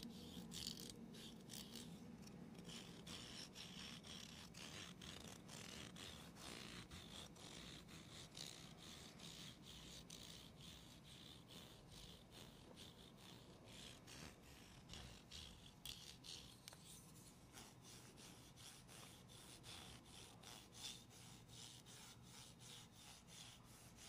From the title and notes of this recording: ASMR medium gentle tapping and scratching.